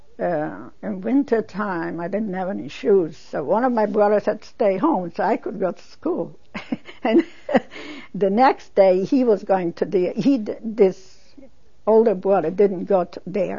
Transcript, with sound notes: In wintertime I didn't have any shoes, so one of my brothers had to stay home so I could go to school. (She laughs.) And the next day he was going to be, he did, this older brother, didn't go there.